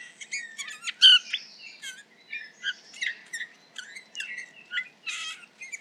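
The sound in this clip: Eurasian bullfinch giving creaky, squeaky chattering with a short whistled note early on, broken by brief pauses, over a quiet background.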